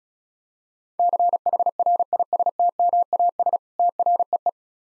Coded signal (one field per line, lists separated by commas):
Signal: Morse code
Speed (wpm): 35 wpm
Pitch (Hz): 700 Hz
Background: none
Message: CHRISTMAS TREE